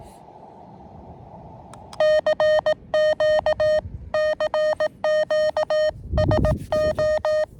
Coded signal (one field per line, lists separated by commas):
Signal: Morse code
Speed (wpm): 18 wpm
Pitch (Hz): 620 Hz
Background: none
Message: CQ CQ SO